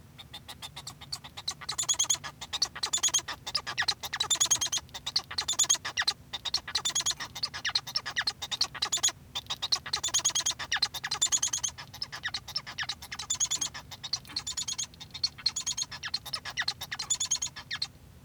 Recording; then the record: song of a male Bengalese finch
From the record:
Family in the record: son of father 1